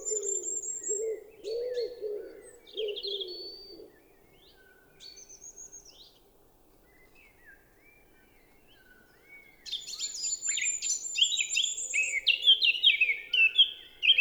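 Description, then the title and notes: Eurasian blackcap song, scattered notes early, then a loud, rushing melodious warble near the end; a wood pigeon coos at the start. Recorded 10 April 2020 at Champs des Blas, Val Maravel, after dawn chorus; melodious song; wood pigeon cooing behind; distant car rumble, road over 5 km away; Nagra LB, stereo omni MKH20. "Fauvette à tête noire (Sylvia atricapilla). Champs des Blas - Val Maravel"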